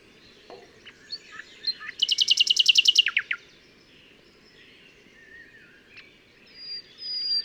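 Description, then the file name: Common nightingale delivering one rapid, harsh rattling trill of about a second amid softer scattered notes and thin whistles. "Luscinia megarhynchos"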